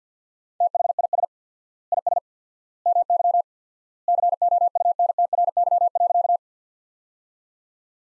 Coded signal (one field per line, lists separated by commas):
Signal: Morse code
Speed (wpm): 50 wpm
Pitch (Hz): 700 Hz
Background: none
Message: THIS IS MY COUNTRY.